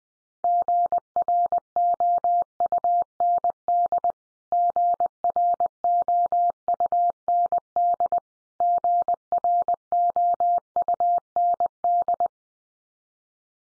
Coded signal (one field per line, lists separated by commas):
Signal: Morse code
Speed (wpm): 20 wpm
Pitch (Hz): 700 Hz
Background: none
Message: GROUND GROUND GROUND